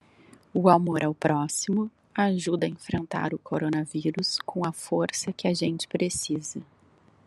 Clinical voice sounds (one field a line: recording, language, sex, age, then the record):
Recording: spoken sentence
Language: Brazilian Portuguese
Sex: female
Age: 40 to 49 years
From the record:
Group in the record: control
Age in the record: 40 years